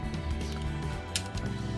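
While a plastic Toyworld TW-FS06 transforming robot toy is being converted into jet mode, its lower section is pushed forward so two tabs snap into two matching recesses. A sharp plastic click lands at 1.2 s over steady background music, with a softer tick at 1.4 s. The tabs are seated.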